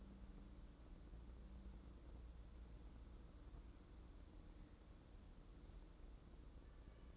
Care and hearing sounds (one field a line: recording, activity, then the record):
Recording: daily activity, microphone in the room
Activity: wipe stove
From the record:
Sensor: 3